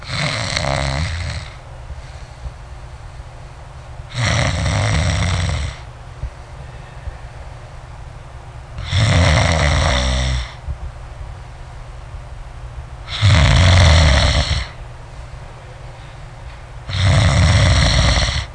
Snore.